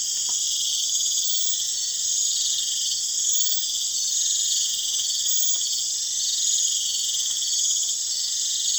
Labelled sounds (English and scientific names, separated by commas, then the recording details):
none
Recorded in pastures near Puerto Asís, Putumayo, Colombia, on 30 June 2025 at 03:00
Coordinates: 0.502, -76.324
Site G010